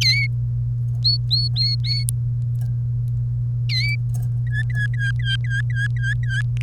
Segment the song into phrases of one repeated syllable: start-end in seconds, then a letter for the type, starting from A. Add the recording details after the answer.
0.01-0.27 A, 1.04-2.04 B, 3.69-3.96 A, 4.47-6.41 C, 6.57-6.62 D. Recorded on 1 May 2018 at 13:00. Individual llb3